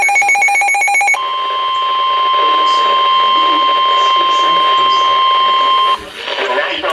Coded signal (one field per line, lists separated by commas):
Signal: Emergency Alert System (SAME) tones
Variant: 1050 Hz attention tone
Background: speech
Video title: WILD WEDNESDAY! EAS Alerts from 5/31/17 (EAS #213 - 222)